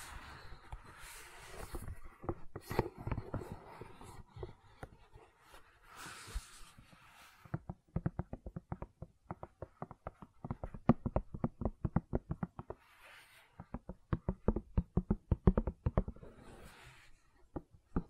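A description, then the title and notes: Gentle silicone sounds: soft tapping and squishing, with a brushing rustle early on, then quick irregular clicky taps for the rest. ASMR Gentle Silicon Sounds for Sleep (No Talking).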